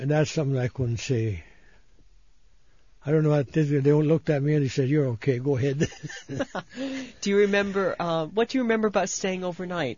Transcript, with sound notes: That's something that I couldn't say. I don't know, they looked at me and they said, "You're okay. Go ahead." ( they laugh )
Do you remember, what do you remember about staying overnight?